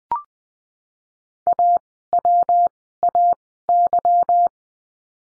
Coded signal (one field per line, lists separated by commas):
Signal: Morse code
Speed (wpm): 20 wpm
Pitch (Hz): 700 Hz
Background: none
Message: AWAY